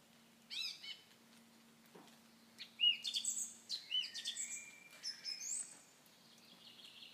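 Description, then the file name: Common nightingale song: brief high notes, then a rich burst of varied whistles, trills and rattles, ending in a sustained buzzy note; faint low hum beneath. "Nachtegaal"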